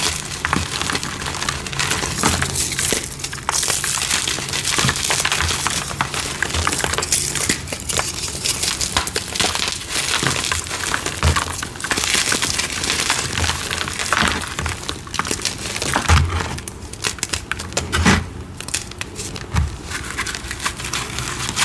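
Dry gym chalk crumbles and crunches, a dense, continuous crinkly texture with bright, powdery grit throughout. Sharper crunches break through every second or two, with heavier ones near 16 and 18 seconds.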